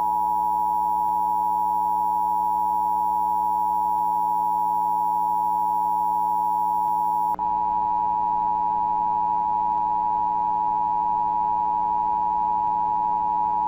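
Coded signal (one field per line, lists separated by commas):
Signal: Emergency Alert System (SAME) tones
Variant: 853 and 960 Hz attention tone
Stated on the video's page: Remake of a 2001 East Central Ohio required monthly test; contains valid alert tones.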